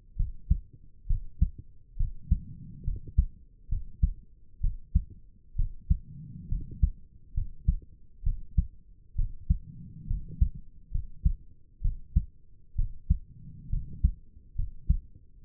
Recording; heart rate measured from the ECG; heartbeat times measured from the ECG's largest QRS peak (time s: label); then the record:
heart sounds by stethoscope; 67 bpm
0.16 s: heartbeat
1.07 s: heartbeat
1.96 s: heartbeat
2.84 s: heartbeat
3.68 s: heartbeat
4.60 s: heartbeat
5.55 s: heartbeat
6.48 s: heartbeat
7.34 s: heartbeat
8.23 s: heartbeat
9.15 s: heartbeat
10.07 s: heartbeat
10.91 s: heartbeat
11.81 s: heartbeat
12.75 s: heartbeat
13.69 s: heartbeat
14.55 s: heartbeat
15.44 s: heartbeat
From the record:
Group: healthy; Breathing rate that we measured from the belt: 16 breaths a minute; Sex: female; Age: 22 years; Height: 154 cm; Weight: 58.7 kg